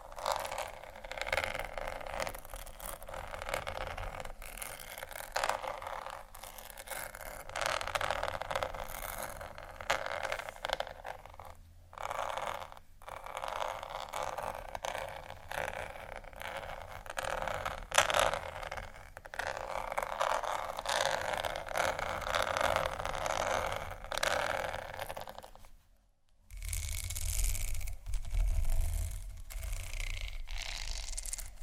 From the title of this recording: Scratching Triggers